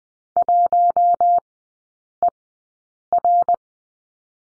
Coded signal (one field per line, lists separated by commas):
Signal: Morse code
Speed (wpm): 20 wpm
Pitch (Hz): 700 Hz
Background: none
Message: 1ER